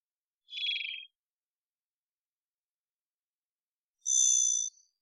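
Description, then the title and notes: Varied thrush song: two buzzy whistled notes, the first lower and rougher, the second higher and clearer, with a long silent pause between them. Immature, possibly juvenile bird giving an odd song like warming-up practice; Pacific Northwest, Washington, United States; parabolic microphone. "Varied Thrush - Immature. Varied Thrush, Ixoreus naevius, song, odd, like warming-up practice, perhaps juvenile. Pacific Northwest, Washington, United States"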